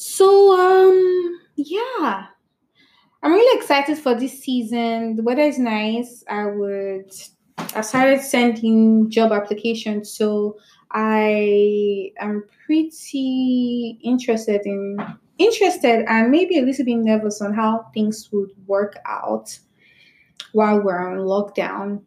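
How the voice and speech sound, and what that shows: An adult woman in Toronto talks conversationally with stretched sounds on "so," "um," "yeah," "I" and "pretty," a repeated word, and frequent hesitation pauses. These prolongations and repetitions amid otherwise fluent phrases fit mild stuttering, which she cannot simply switch on and off.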